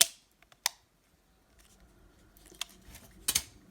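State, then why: Seated. The plastic body shell of an N scale Life-Like SD7 Burlington Northern locomotive is pressed down onto its chassis after cleaning. Two sharp snaps are heard at 0.0 and 0.7 seconds, followed by quieter handling clicks around 2.6 and 3.3 seconds. The shell seats onto the chassis.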